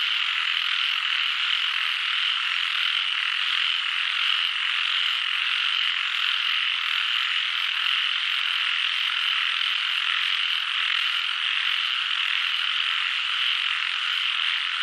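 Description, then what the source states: Chorus of frogs forming a steady high-pitched wall of overlapping rapid calls, unchanging for the whole stretch. Frog chorus in Doi Suthep National Park, Thailand.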